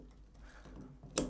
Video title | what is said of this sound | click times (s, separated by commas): Veehoo Elevated Dog Bed, no tools required, sturdy and nice #dogs #dogbed #doglover | and we'll hear that snap and we know that one is now in | 1.2 s